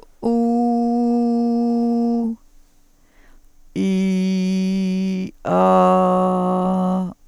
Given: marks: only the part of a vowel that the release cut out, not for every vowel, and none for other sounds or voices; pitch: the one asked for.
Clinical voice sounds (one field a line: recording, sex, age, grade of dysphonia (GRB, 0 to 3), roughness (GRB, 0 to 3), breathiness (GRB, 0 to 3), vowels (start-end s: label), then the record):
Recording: sustained vowels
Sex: female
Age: 60 to 69 years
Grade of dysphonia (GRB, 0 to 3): 0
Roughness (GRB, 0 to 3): 0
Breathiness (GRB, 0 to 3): 0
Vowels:
0.37-1.44 s: vowel /u/, high pitch
3.98-5.03 s: vowel /i/, low pitch
6.23-6.94 s: vowel /a/, low pitch
From the record:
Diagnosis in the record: healthy voice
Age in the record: 62 years